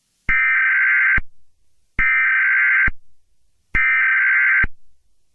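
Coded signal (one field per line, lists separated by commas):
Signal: Emergency Alert System (SAME) tones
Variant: header bursts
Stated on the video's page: Fictional EAS scenario, a created recreation rather than a real alert.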